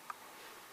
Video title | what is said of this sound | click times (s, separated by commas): Kelvinator Furnace Control Module Replacement at Sandi's House | that's a 24 volt power when you plug in your molex plug to make sure you hear that definitive click now | 0.1 s